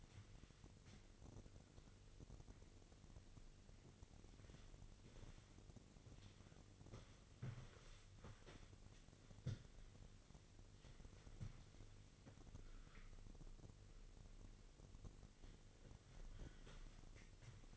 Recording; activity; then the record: daily activity, microphone in the room; wipe stove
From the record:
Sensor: 4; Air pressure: 1002.4 hPa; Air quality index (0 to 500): 216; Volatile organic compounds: 12 ppm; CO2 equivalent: 2329 ppm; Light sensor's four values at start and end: 19/67/24/24 and 19/67/24/24